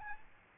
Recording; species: mosquito wingbeat signal from an infrared sensor; Aedes albopictus